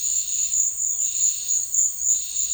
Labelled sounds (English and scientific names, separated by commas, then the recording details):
none
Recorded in secondary vegetation near Puerto Asís, Putumayo, Colombia, on 12 March 2025 at 14:00
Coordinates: 0.499, -76.323
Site G094